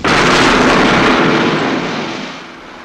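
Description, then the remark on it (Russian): A single loud explosion of a thrown hand grenade, a broad roaring blast with deep rumble that holds briefly and then gradually fades away over a few seconds, with no voices. “и бросил последнюю гранату. Новый взрыв окончательно деморализовал дикарей, заставив даже самых отчаянных забыть о наступлении.”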